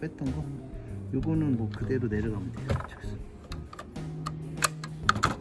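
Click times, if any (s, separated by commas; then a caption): 5.1 s. Someone talks while the plastic front plate removed earlier is pressed back onto the frame of an Epson L805 inkjet printer during a head replacement, with soft handling taps and clicks in the background. The plate snaps into its clips with a sharp click at 5.1 s, seated in place.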